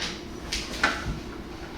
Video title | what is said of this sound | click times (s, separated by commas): Dalbinowl NOCTUA-R Red Dot Shake Awake Sight | set that on there like that till it clicks into the rail. | 0.5 s, 0.8 s